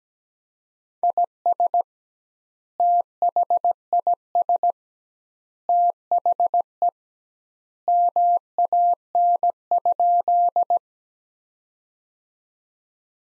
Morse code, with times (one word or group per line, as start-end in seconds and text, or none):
1.0-1.8 IS
2.8-4.7 THIS
5.7-6.9 THE
7.9-10.8 MAN?